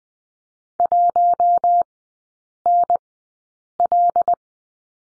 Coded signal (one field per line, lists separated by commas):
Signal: Morse code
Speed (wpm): 20 wpm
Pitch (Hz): 700 Hz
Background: none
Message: 1NL